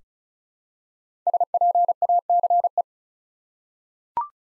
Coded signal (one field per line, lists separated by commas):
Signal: Morse code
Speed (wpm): 36 wpm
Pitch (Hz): 700 Hz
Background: none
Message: SPACE